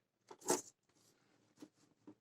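A removable battery sits in the battery bay of a Dell laptop, where the left spring latch locks by itself once the battery is pressed in, while the right-side latch is being slid shut by hand. Short plastic handling scrapes are heard, with a loud crisp burst around 0.5 s, a faint rustle, and smaller taps near 1.6 s and 2.1 s. Nothing has seated or clicked home yet.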